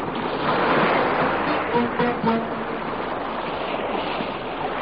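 Steady roar of rough sea waves surging and washing as a sailing ship bound for India tilts and loses its balance at sea, with broad hissing spray and a few faint, low creaks and thumps beneath, no voices.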